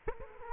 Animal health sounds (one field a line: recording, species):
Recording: mosquito wingbeat signal from an infrared sensor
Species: Culex quinquefasciatus